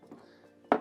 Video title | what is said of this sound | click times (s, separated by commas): The ultimate low-pressure cleaning kit: Foam Cleaner + best accessories | dessa klickar ihop perfekt och de kan monteras på alla våra slangar. | 0.7 s